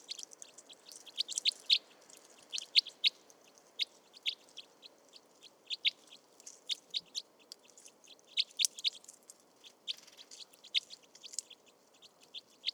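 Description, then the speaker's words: Crossbill feeding: irregular crackling of fine high clicks and snaps throughout. Crossbills peeling pine cones; morning, February 2020; Montagne du Puy, Drôme, 1500 m altitude; mixed conifer and oak forest; Nagra Seven and Telinga Pro7 stereo. "des becs croisés épluchent des pommes de pin."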